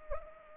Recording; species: mosquito wingbeat signal from an infrared sensor; Anopheles arabiensis